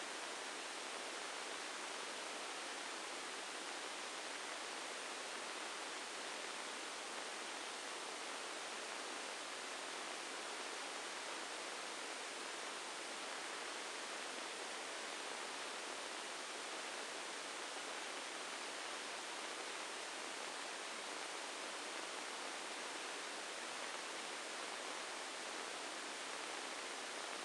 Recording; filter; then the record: brain microelectrode recording played as sound; spike band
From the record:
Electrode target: subthalamic nucleus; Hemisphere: right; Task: reaching with the left hand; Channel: 1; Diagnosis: Parkinson's disease